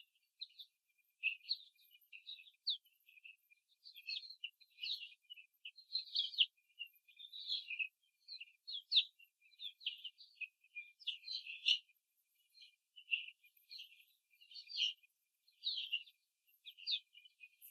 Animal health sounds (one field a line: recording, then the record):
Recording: young laying hens in a cage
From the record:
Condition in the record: after the stressor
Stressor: simulated dog barking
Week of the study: 3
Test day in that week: 1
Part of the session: 2